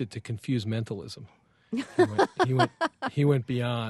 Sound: soundbite of laughter